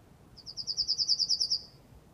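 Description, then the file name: Yellowhammer giving a brisk run of many high, repeated buzzy notes with no drawn-out ending. "Goldammer"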